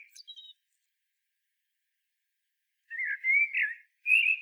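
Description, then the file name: Common blackbird, brief thin high notes followed after silence by a mellow, rolling fluted phrase. "Turdus merula"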